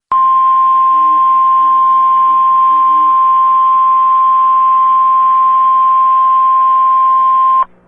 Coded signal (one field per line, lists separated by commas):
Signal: Emergency Alert System (SAME) tones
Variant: 1050 Hz attention tone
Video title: Oklahoma eas